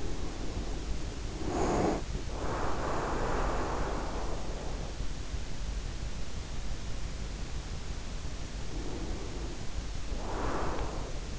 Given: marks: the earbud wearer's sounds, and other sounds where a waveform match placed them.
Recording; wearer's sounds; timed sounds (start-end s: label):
sounds in sleep by an in-ear microphone; breath
0.00-5.35 s: breath
8.60-11.39 s: breath